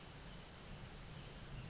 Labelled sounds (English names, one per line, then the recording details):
Brown Creeper
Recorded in Sonoma County, California